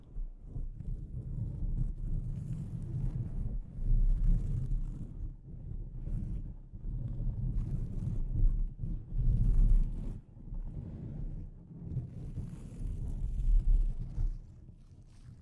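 Delicate scratching on a microphone makes a dense, low rumbling rub that swells and fades in waves, dropping out briefly every few seconds. Faint brighter ticks and taps flick through the texture now and then, loudest around four, nine and thirteen seconds.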